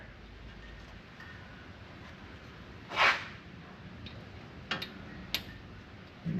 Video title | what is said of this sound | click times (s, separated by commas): John Deere Z910 Ignition Coil Replacement | you hear them snap on. | 4.7 s, 5.3 s